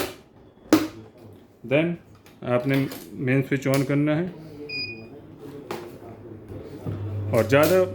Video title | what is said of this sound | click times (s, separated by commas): Top Note Counting Machine Distributor in Delhi NCR - Best Mix Value Counter & Fake Note Detector 💸 | और इसको lock कर देना है। यहां से लॉक हो जाएगा इसकी हेल्प से। | 0.7 s